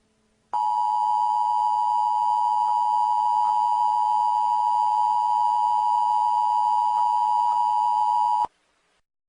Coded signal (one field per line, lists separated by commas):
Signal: Emergency Alert System (SAME) tones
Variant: 853 and 960 Hz attention tone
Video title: EAS Scenario: Seaside Heights Explosion